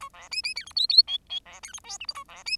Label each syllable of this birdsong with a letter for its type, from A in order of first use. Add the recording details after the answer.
A B C C D E F F G G B D E H I J A B C. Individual Bird10